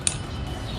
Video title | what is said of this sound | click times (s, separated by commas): Paano malalaman ang Torque Value ng mga Bolts? Para saan Ang Torque Wrench at Paano gumamit nito? | agag na-lock na Gan gagalaw then i-tour | 0.1 s